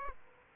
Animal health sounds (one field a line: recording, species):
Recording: mosquito wingbeat signal from an infrared sensor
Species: Aedes aegypti